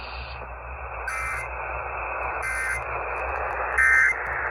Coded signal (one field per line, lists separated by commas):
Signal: Emergency Alert System (SAME) tones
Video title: IPAWS Weekly(EAS #575)